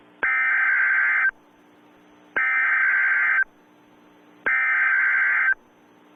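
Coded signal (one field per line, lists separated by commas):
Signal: Emergency Alert System (SAME) tones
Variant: header bursts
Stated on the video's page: Fictional EAS alert scenario set in the Just Cause 3 game world, not a real activation.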